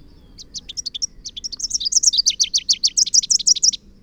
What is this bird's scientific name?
Basileuterus rufifrons